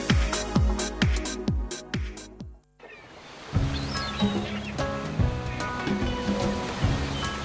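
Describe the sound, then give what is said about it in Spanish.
A quick run of deep, booming drum hits stops abruptly, then a steady rushing wash of ocean surf breaking on the shore takes over, with faint tonal music mixed underneath. “Este verano te gustaría vivirlo así, junto al mar, con emoción.”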